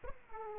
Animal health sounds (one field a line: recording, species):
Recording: mosquito wingbeat signal from an infrared sensor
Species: Aedes aegypti